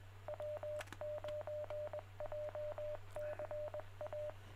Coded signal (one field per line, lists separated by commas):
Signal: Morse code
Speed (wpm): 21 wpm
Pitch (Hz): 600 Hz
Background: radio noise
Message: W9JCA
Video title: Aug 10, 2021: Jay County Amateur Radio Club Tuesday Net at 7 PM